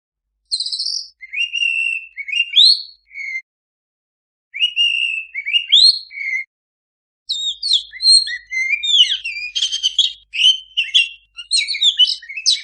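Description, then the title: Oriental magpie-robin song: clear whistled phrases with rising and falling slurs, separated by short pauses, then a dense run of varied chattering and buzzy notes. Energetically singing (gacor) kacer used as a master recording to train kacer that do not sing (bisu). "mster Mnuk. Suara Masteran Kacer Gacor. Kacer Bisu"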